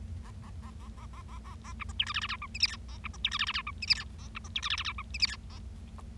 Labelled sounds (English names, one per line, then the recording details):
Bengalese Finch song
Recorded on 25 March 2012 at 14:29
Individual gy6or6